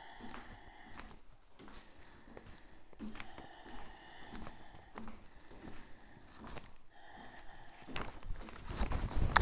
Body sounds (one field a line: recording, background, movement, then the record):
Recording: deep breathing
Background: quiet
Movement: walking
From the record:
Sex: female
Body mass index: 25.5 kg/m2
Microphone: on the chest, facing outward